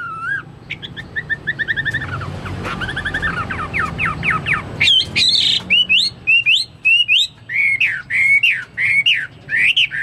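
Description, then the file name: Chinese hwamei singing a rich medley of quick whistled notes and slurred, looping phrases, building to loud repeated rising-falling whistles near the end. "omkicau hwamei"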